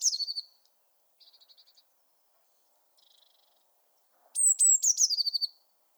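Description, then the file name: Eurasian blue tit call: a loud high note falling into a stuttering descending trill near the end, preceded by softer brief chattering bursts. "Cyanistes caeruleus"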